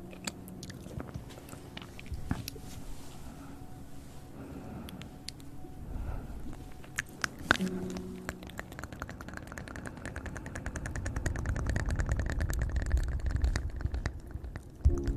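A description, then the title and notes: Mouth sounds made of wet clicks, smacks and chewing-like noises, scattered irregularly through the first half with a sharp pop near seven and a half seconds. After about nine seconds the clicks grow dense and rapid, over a low rumbling swell that peaks around twelve to fourteen seconds. Mouth Sounds Triggers.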